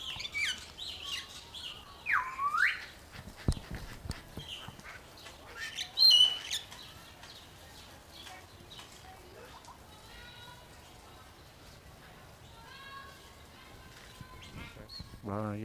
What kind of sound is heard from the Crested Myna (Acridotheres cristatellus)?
song